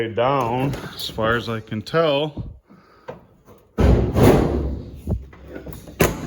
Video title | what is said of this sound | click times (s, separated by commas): Chevy K5/K10 Off Road Project Part 7 | I was reading about it and it's like it just doesn't latch quite low enough. | 6.0 s